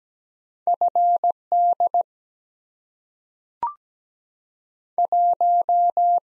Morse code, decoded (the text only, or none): FD 1